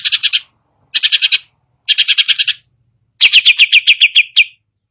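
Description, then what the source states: Greater green leafbird giving four quick bursts of rapid chirping notes roughly a second apart, the last a longer run of bright notes. Singing actively and persistently, described as gacor.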